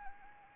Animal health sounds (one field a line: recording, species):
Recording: mosquito wingbeat signal from an infrared sensor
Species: Anopheles arabiensis